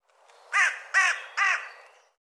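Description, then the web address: Bird calls, three harsh, hoarse caws evenly spaced about half a second apart, each short and raspy, in otherwise quiet surroundings. "cianscape birddata Deverinetal"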